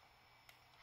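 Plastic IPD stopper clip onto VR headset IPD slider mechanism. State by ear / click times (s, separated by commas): not seated / none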